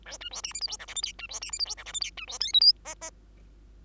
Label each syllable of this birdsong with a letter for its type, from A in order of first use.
A B C D E F G H I J K B C D E F G H I J K B C L M N O O